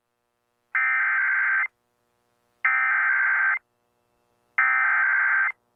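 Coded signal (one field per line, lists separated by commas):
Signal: Emergency Alert System (SAME) tones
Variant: header bursts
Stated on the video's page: Severe Thunderstorm Warning from the National Weather Service relayed on an FM 97.7 station.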